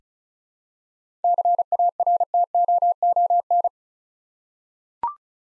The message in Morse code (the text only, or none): CARTOON